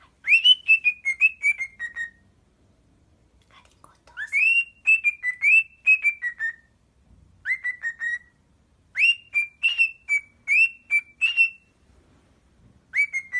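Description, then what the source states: Cockatiel song of bright, bouncing whistled notes in quick runs, several groups separated by short silences, otherwise quiet. Cockatiels singing and whistling.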